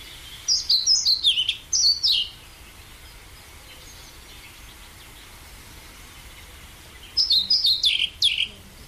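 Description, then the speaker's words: European Pied Flycatcher song: short phrases of high, quickly descending notes, with a gap of several seconds before the last phrase. Described as not the most beautiful songbird but with a nice little tune. "Even het geluid van de bonte vliegenvanger horen wij hier."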